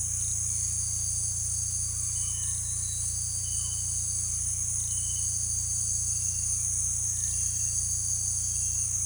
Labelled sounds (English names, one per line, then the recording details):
none
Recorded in secondary vegetation near Puerto Asís, Putumayo, Colombia, on 18 December 2024 at 17:30
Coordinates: 0.484, -76.319
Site GP06